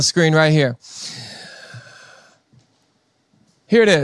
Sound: sighs and gasps